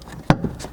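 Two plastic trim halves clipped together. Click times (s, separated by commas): 0.3 s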